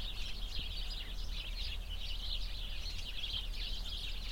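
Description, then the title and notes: Sparrow flock chirping nonstop, many short bright notes overlapping into a busy twittering chorus over low wind noise. Many sparrows in a bush beside a cow pasture at Hupperdange, on a windy summer morning. "The sounds of a bush full of sparrows nearby a cow pasture on a windy summer morning."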